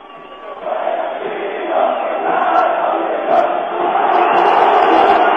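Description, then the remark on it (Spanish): A huge stadium crowd at a Uruguay vs Chile football match sings out the closing of the Chilean national anthem, thousands of voices merging into a dense, steady roar that swells louder over the last few seconds. “Ahí lo escucharon, eso fue el final del himno chileno.”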